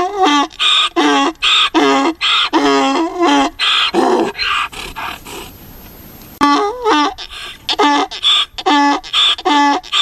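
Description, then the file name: Donkey bray: rapid alternating rasping notes, a brief hiss-like gap around five to six seconds, then strong seesawing hee-haws again. "Asino (Equus asinus)"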